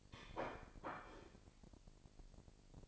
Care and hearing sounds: daily activity, microphone in the room; place plate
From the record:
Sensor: 5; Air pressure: 1007.5 hPa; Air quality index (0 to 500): 84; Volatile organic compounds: 1 ppm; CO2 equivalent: 665 ppm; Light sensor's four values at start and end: 30/71/28/29 and 30/70/28/29

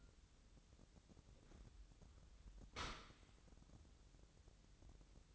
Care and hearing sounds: daily activity, microphone in the room; open dishwasher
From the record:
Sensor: 3

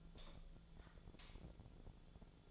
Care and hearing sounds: daily activity, microphone in the room; light off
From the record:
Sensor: 5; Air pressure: 1009.9 hPa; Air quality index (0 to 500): 157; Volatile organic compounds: 3 ppm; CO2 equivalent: 1535 ppm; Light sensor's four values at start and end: 202/512/211/227 and 201/510/210/226

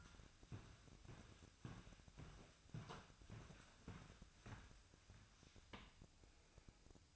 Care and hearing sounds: daily activity, microphone in the room; walk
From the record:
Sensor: 2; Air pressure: 1001.6 hPa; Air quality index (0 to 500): 230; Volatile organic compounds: 27 ppm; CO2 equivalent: 2884 ppm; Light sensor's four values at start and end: 9/29/11/11 and 9/30/11/11

